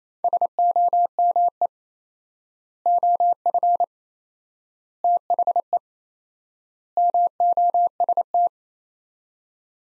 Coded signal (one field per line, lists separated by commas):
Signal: Morse code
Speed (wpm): 27 wpm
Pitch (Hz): 700 Hz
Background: none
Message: SOME OF THE MOST